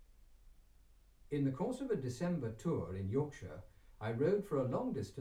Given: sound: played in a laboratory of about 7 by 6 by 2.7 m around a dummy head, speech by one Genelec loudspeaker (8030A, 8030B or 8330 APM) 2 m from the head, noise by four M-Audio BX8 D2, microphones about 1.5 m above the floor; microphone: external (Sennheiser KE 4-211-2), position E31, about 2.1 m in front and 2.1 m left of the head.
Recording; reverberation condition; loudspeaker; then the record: male speech in English; low; behind (180 degrees)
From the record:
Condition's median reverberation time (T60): about 310 ms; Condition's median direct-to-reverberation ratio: about 3.5 dB